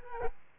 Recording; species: mosquito wingbeat signal from an infrared sensor; Culex quinquefasciatus